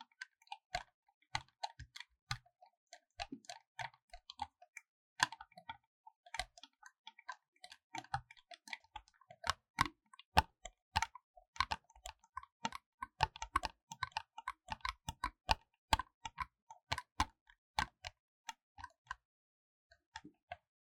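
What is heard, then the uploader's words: A paper cup is tapped, scratched and crinkled in quick, irregular clicks and taps that keep going for the whole length, with short pauses. The hits are crisp and bright with a soft low thump, growing busier and louder in the middle before thinning toward the end. 紙杯觸發 | Paper Cup triggers | NoTalking.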